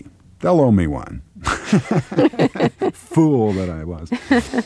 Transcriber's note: laughter